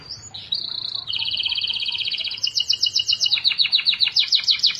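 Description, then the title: Canary singing a fast rolling trill that steps up into quicker, higher chopped notes, each series repeated rapidly without pause. "Kenari"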